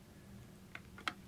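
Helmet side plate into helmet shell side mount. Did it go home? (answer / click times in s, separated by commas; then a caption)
yes / 1.1 s. A plastic side plate tab of the Arai VAS shield system on an Arai Quantum-X helmet is slid down its track into the helmet shell side mount and pushed down. Over a low steady hum, a faint tick at 0.8 s and a softer scrape near 1.0 s lead into a sharp snap at 1.1 s as the side plate locks in place.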